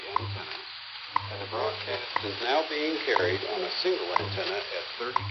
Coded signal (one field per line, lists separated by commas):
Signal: radio time signal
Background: speech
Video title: World of Radio 2241 May 2 2024